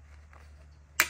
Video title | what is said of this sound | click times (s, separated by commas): More Power!! Devinci E-Troy gets some Power More!! | and you'll see an audible click | 1.0 s